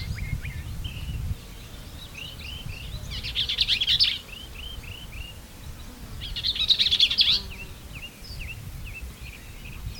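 Bell's vireo sings two fast scratchy phrases, with a series of short downslurred notes between and after them.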